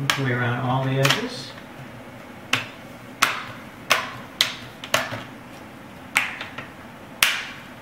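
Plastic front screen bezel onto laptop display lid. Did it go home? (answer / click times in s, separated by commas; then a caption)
yes / 2.5 s, 3.2 s, 4.4 s, 6.2 s, 7.2 s. Someone talks briefly while snapping the plastic front screen bezel of a Dell Inspiron 1420 laptop into place all the way around the display lid. Sharp clicks are heard at 2.5, 3.2, 4.4, 6.2 and 7.2 seconds as the bezel clips snap in and seat.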